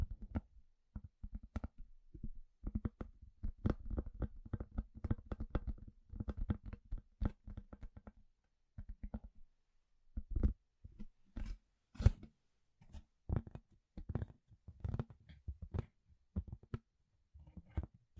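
Household objects are handled, giving a run of sharp clicks, taps and rustles over a low thumping base. The first half is dense and busy, with a steady hum-like tone underneath; after a short pause near nine seconds, sparser, louder hits and scrapes follow.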